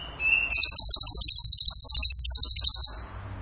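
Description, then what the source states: Bird song: a brief high whistle, then a fast, even, buzzy trill of rapid repeated notes lasting over two seconds. Masteran training recording of bird song in tembakan gacor style.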